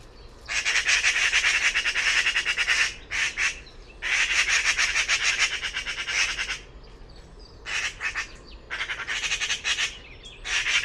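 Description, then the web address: Bird making long, noisy rattling runs of fast pulses, two extended phrases followed by shorter bursts with quieter gaps. "cianscape birddata Deverinetal"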